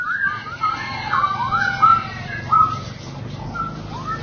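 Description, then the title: Oriental magpie-robin giving sweet whistled notes and slurs, spaced irregularly, over a steady low background hum. "Kicau Kacer"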